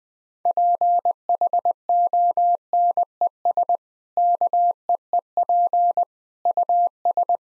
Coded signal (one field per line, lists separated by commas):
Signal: Morse code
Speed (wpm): 21 wpm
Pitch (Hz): 700 Hz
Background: none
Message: PHONES KEEP US